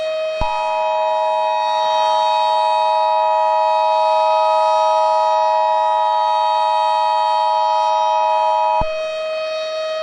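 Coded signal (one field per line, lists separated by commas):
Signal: Emergency Alert System (SAME) tones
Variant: 853 and 960 Hz attention tone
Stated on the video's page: Fictional EAS scenario.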